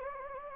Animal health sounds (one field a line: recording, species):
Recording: mosquito wingbeat signal from an infrared sensor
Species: Anopheles gambiae